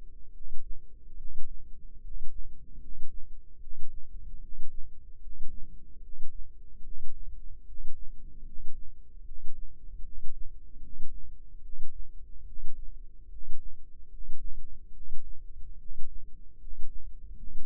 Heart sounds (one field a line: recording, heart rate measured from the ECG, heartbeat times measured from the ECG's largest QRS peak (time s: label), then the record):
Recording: heart sounds by microphone in the left ear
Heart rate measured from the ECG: 74 bpm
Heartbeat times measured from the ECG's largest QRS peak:
0.32 s: heartbeat
1.16 s: heartbeat
2.01 s: heartbeat
2.79 s: heartbeat
3.58 s: heartbeat
4.39 s: heartbeat
5.19 s: heartbeat
6.00 s: heartbeat
6.82 s: heartbeat
7.64 s: heartbeat
8.43 s: heartbeat
9.23 s: heartbeat
10.02 s: heartbeat
10.80 s: heartbeat
11.60 s: heartbeat
12.44 s: heartbeat
13.28 s: heartbeat
14.08 s: heartbeat
14.92 s: heartbeat
15.77 s: heartbeat
16.58 s: heartbeat
17.34 s: heartbeat
From the record:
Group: healthy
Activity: rest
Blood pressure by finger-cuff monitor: 115/65 mmHg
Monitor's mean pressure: 78 mmHg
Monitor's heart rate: 75 bpm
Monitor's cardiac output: 7.4 L/min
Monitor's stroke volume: 99 mL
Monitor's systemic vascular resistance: 750 dyn s/cm5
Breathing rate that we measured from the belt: 21 breaths a minute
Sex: male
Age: 35 years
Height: 180 cm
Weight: 86.9 kg